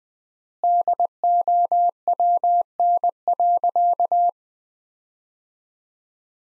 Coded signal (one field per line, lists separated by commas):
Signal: Morse code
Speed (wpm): 20 wpm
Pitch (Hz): 700 Hz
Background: none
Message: DOWN.